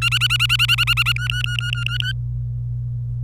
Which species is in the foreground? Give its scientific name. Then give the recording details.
Serinus canaria. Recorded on 26 April 2018 at 09:33. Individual llb3